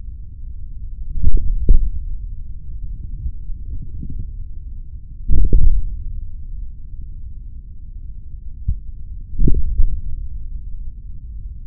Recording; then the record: forearm muscle sounds (acoustic myography)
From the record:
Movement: hand closing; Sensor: system 3, bracelet of six PUI Audio POM-2738L microphones around the upper forearm, with dedicated amplification and filtering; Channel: 1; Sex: male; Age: 56 years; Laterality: right